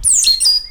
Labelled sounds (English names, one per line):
Stitchbird song